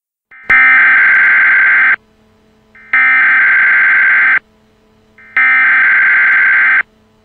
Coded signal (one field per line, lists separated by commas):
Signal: Emergency Alert System (SAME) tones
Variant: header bursts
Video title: EAS Scenario: SCP-096